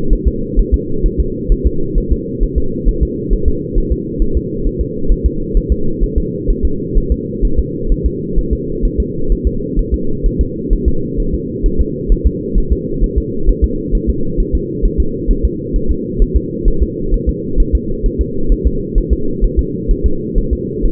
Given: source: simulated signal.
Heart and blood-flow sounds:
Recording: fetal heart sounds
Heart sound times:
0.13 s: S1
0.28 s: S2
0.60 s: S1
0.74 s: S2
1.06 s: S1
1.20 s: S2
1.52 s: S1
1.67 s: S2
1.98 s: S1
2.12 s: S2
2.43 s: S1
2.58 s: S2
2.89 s: S1
3.03 s: S2
3.33 s: S1
3.48 s: S2
3.78 s: S1
3.92 s: S2
4.22 s: S1
4.37 s: S2
4.67 s: S1
4.81 s: S2
5.12 s: S1
5.26 s: S2
5.57 s: S1
5.72 s: S2
6.04 s: S1
6.18 s: S2
6.50 s: S1
6.65 s: S2
6.98 s: S1
7.12 s: S2
7.45 s: S1
7.59 s: S2
7.92 s: S1
8.06 s: S2
8.39 s: S1
8.53 s: S2
8.85 s: S1
9.00 s: S2
9.32 s: S1
9.47 s: S2
9.79 s: S1
9.94 s: S2
10.26 s: S1
10.41 s: S2
10.73 s: S1
10.88 s: S2
11.20 s: S1
11.34 s: S2
11.66 s: S1
11.81 s: S2
12.12 s: S1
12.27 s: S2
12.58 s: S1
12.72 s: S2
13.04 s: S1
13.18 s: S2
13.49 s: S1
13.64 s: S2
13.95 s: S1
14.10 s: S2
14.40 s: S1
14.55 s: S2
14.86 s: S1
15.00 s: S2
15.31 s: S1
15.45 s: S2
15.76 s: S1
15.91 s: S2
16.22 s: S1
16.37 s: S2
16.68 s: S1
16.83 s: S2
17.14 s: S1
17.29 s: S2
17.60 s: S1
17.75 s: S2
18.06 s: S1
18.21 s: S2
18.52 s: S1
18.67 s: S2
18.98 s: S1
19.13 s: S2
19.44 s: S1
19.59 s: S2
19.91 s: S1
20.06 s: S2
20.38 s: S1
20.53 s: S2
20.86 s: S1
From the record:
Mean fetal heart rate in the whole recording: 130 bpm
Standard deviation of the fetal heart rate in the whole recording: 2 bpm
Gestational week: 38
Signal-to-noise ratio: -8.1 dB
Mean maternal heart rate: 72 bpm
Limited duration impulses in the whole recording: absent

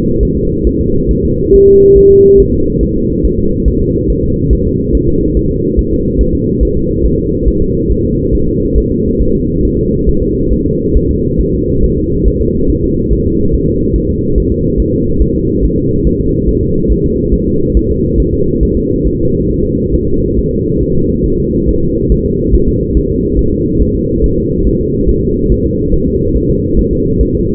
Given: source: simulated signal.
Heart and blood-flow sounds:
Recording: fetal heart sounds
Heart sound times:
0.23 s: S1
0.37 s: S2
0.67 s: S1
0.81 s: S2
1.11 s: S1
1.25 s: S2
1.54 s: S1
1.68 s: S2
1.98 s: S1
2.11 s: S2
2.40 s: S1
2.54 s: S2
2.83 s: S1
2.97 s: S2
3.25 s: S1
3.39 s: S2
3.68 s: S1
3.82 s: S2
4.10 s: S1
4.24 s: S2
4.53 s: S1
4.67 s: S2
4.95 s: S1
5.09 s: S2
5.37 s: S1
5.51 s: S2
5.79 s: S1
5.93 s: S2
6.21 s: S1
6.35 s: S2
6.63 s: S1
6.77 s: S2
7.05 s: S1
7.19 s: S2
7.48 s: S1
7.62 s: S2
7.92 s: S1
8.05 s: S2
8.35 s: S1
8.49 s: S2
8.78 s: S1
8.92 s: S2
9.22 s: S1
9.35 s: S2
9.65 s: S1
9.79 s: S2
10.09 s: S1
10.23 s: S2
10.53 s: S1
10.67 s: S2
10.97 s: S1
11.11 s: S2
11.41 s: S1
11.55 s: S2
11.84 s: S1
11.98 s: S2
12.28 s: S1
12.42 s: S2
12.70 s: S1
12.84 s: S2
13.13 s: S1
13.26 s: S2
13.54 s: S1
13.68 s: S2
13.96 s: S1
14.10 s: S2
14.38 s: S1
14.52 s: S2
14.80 s: S1
14.94 s: S2
15.22 s: S1
15.36 s: S2
15.65 s: S1
15.79 s: S2
16.07 s: S1
16.21 s: S2
16.49 s: S1
16.63 s: S2
16.92 s: S1
17.05 s: S2
17.34 s: S1
17.48 s: S2
17.77 s: S1
17.91 s: S2
18.20 s: S1
18.34 s: S2
18.63 s: S1
18.77 s: S2
19.07 s: S1
19.20 s: S2
19.50 s: S1
19.64 s: S2
19.95 s: S1
20.08 s: S2
20.39 s: S1
20.52 s: S2
20.83 s: S1
20.96 s: S2
21.26 s: S1
21.40 s: S2
21.69 s: S1
21.83 s: S2
22.12 s: S1
22.26 s: S2
22.55 s: S1
22.69 s: S2
22.97 s: S1
23.11 s: S2
23.39 s: S1
23.53 s: S2
23.82 s: S1
23.95 s: S2
24.24 s: S1
24.38 s: S2
24.67 s: S1
24.81 s: S2
25.09 s: S1
25.23 s: S2
25.52 s: S1
25.66 s: S2
25.94 s: S1
26.08 s: S2
26.37 s: S1
26.50 s: S2
26.79 s: S1
26.93 s: S2
27.21 s: S1
27.35 s: S2
From the record:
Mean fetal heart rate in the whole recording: 140 bpm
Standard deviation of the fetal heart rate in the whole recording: 2 bpm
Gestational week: 34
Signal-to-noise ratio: -15.3 dB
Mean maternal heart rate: 72 bpm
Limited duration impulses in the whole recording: present

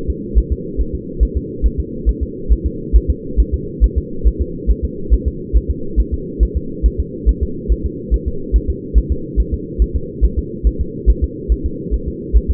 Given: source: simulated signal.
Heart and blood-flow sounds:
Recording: fetal heart sounds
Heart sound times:
0.10 s: S2
0.38 s: S1
0.52 s: S2
0.81 s: S1
0.95 s: S2
1.23 s: S1
1.37 s: S2
1.66 s: S1
1.80 s: S2
2.09 s: S1
2.23 s: S2
2.52 s: S1
2.66 s: S2
2.96 s: S1
3.10 s: S2
3.40 s: S1
3.54 s: S2
3.84 s: S1
3.98 s: S2
4.27 s: S1
4.41 s: S2
4.71 s: S1
4.85 s: S2
5.14 s: S1
5.28 s: S2
5.57 s: S1
5.71 s: S2
6.00 s: S1
6.14 s: S2
6.43 s: S1
6.57 s: S2
6.86 s: S1
7.00 s: S2
7.29 s: S1
7.43 s: S2
7.72 s: S1
7.86 s: S2
8.14 s: S1
8.28 s: S2
8.56 s: S1
8.70 s: S2
8.98 s: S1
9.12 s: S2
9.40 s: S1
9.54 s: S2
9.82 s: S1
9.96 s: S2
10.25 s: S1
10.39 s: S2
10.67 s: S1
10.81 s: S2
11.10 s: S1
11.24 s: S2
11.52 s: S1
11.66 s: S2
11.94 s: S1
12.08 s: S2
12.36 s: S1
12.50 s: S2
From the record:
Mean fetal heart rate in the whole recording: 140 bpm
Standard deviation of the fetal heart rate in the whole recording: 2 bpm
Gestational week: 34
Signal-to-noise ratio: -4.3 dB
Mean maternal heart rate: 72 bpm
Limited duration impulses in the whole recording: absent

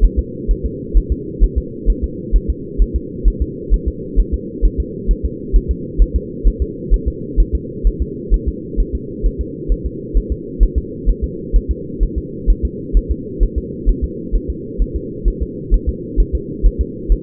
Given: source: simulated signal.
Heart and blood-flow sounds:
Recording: fetal heart sounds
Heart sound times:
0.05 s: S1
0.19 s: S2
0.51 s: S1
0.66 s: S2
0.97 s: S1
1.12 s: S2
1.44 s: S1
1.58 s: S2
1.90 s: S1
2.04 s: S2
2.36 s: S1
2.50 s: S2
2.82 s: S1
2.96 s: S2
3.28 s: S1
3.42 s: S2
3.74 s: S1
3.88 s: S2
4.20 s: S1
4.34 s: S2
4.65 s: S1
4.80 s: S2
5.11 s: S1
5.25 s: S2
5.56 s: S1
5.71 s: S2
6.02 s: S1
6.16 s: S2
6.47 s: S1
6.62 s: S2
6.94 s: S1
7.08 s: S2
7.40 s: S1
7.55 s: S2
7.87 s: S1
8.02 s: S2
8.34 s: S1
8.49 s: S2
8.80 s: S1
8.95 s: S2
9.26 s: S1
9.41 s: S2
9.72 s: S1
9.86 s: S2
10.17 s: S1
10.32 s: S2
10.63 s: S1
10.78 s: S2
11.09 s: S1
11.24 s: S2
11.56 s: S1
11.71 s: S2
12.03 s: S1
12.18 s: S2
12.50 s: S1
12.65 s: S2
12.97 s: S1
13.12 s: S2
13.43 s: S1
13.58 s: S2
13.89 s: S1
14.04 s: S2
14.36 s: S1
14.50 s: S2
14.82 s: S1
14.96 s: S2
15.28 s: S1
15.43 s: S2
15.74 s: S1
15.89 s: S2
16.20 s: S1
16.35 s: S2
16.66 s: S1
16.81 s: S2
17.12 s: S1
From the record:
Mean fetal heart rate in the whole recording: 130 bpm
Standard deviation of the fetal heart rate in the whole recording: 2 bpm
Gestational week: 36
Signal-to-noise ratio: -4.1 dB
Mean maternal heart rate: no maternal heart sound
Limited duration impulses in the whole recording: absent

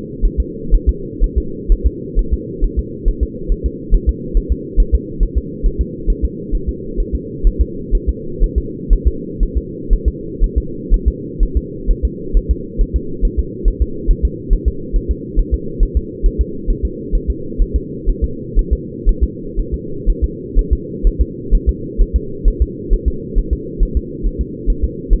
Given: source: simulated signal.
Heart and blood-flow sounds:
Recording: fetal heart sounds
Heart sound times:
0.25 s: S1
0.40 s: S2
0.74 s: S1
0.89 s: S2
1.24 s: S1
1.38 s: S2
1.72 s: S1
1.87 s: S2
2.19 s: S1
2.33 s: S2
2.64 s: S1
2.79 s: S2
3.08 s: S1
3.23 s: S2
3.52 s: S1
3.66 s: S2
3.95 s: S1
4.09 s: S2
4.37 s: S1
4.52 s: S2
4.80 s: S1
4.95 s: S2
5.23 s: S1
5.38 s: S2
5.66 s: S1
5.81 s: S2
6.10 s: S1
6.24 s: S2
6.55 s: S1
6.69 s: S2
7.00 s: S1
7.15 s: S2
7.47 s: S1
7.61 s: S2
7.95 s: S1
8.09 s: S2
8.44 s: S1
8.58 s: S2
8.93 s: S1
9.08 s: S2
9.43 s: S1
9.57 s: S2
9.93 s: S1
10.08 s: S2
10.44 s: S1
10.58 s: S2
10.94 s: S1
11.08 s: S2
11.43 s: S1
11.57 s: S2
11.91 s: S1
12.05 s: S2
12.37 s: S1
12.51 s: S2
12.81 s: S1
12.96 s: S2
13.25 s: S1
13.39 s: S2
13.68 s: S1
13.82 s: S2
14.11 s: S1
14.25 s: S2
14.53 s: S1
14.68 s: S2
14.96 s: S1
15.11 s: S2
15.39 s: S1
15.54 s: S2
15.83 s: S1
15.97 s: S2
16.26 s: S1
16.41 s: S2
16.70 s: S1
16.85 s: S2
17.15 s: S1
17.30 s: S2
17.62 s: S1
17.76 s: S2
18.09 s: S1
18.24 s: S2
18.59 s: S1
18.73 s: S2
19.09 s: S1
19.23 s: S2
19.59 s: S1
19.74 s: S2
20.09 s: S1
20.24 s: S2
20.59 s: S1
20.73 s: S2
21.07 s: S1
21.21 s: S2
21.55 s: S1
21.69 s: S2
22.02 s: S1
22.16 s: S2
22.48 s: S1
22.62 s: S2
22.94 s: S1
23.08 s: S2
23.38 s: S1
23.53 s: S2
23.83 s: S1
23.97 s: S2
24.26 s: S1
24.41 s: S2
24.70 s: S1
24.84 s: S2
25.13 s: S1
From the record:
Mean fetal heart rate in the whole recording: 130 bpm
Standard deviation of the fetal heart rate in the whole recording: 4 bpm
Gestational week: 38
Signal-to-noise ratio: -4.3 dB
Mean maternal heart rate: 72 bpm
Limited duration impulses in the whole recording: absent

